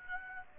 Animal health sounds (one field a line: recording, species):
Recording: mosquito wingbeat signal from an infrared sensor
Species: Aedes aegypti